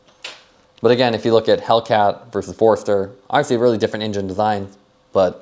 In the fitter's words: But with the magnet, once you position it properly, it should just sort of lock into place, as you see there.